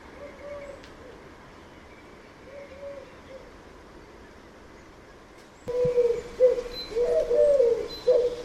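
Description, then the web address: Bird calls: faint low hooting notes early, then louder repeated low wavering notes over the last three seconds, with steady background hiss. "Deverinetal 2025 File origin Bird Only"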